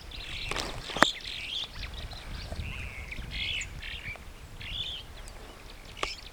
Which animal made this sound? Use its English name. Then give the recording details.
Superb Starling. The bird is a male. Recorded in Kenya on 24 May 2010. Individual 73, of group MRCV